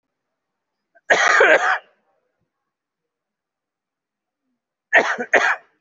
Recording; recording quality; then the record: shallow voluntary cough; excellent, no background noise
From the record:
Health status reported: COVID-19 positive, moderate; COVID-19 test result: positive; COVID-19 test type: RT-PCR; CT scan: taken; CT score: 5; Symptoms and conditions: cough, breathing difficulty, fever, fatigue, muscle pain, loss of smell and taste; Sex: male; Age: 56 years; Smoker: no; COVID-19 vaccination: both doses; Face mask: worn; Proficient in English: yes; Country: India